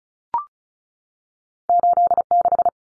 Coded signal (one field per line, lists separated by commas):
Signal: Morse code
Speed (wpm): 34 wpm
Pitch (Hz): 700 Hz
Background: none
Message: 86